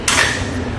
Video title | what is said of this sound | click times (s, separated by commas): Does it Fit? Testing the Swagman Current Bike Rack for 2 Electric Bikes on a 2007 Toyota 4Runner | to raise it we're just gonna lift on the back you'll hear it click | 0.1 s